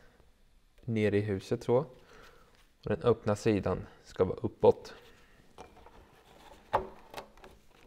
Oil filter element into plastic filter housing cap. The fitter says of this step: där. Klickar i.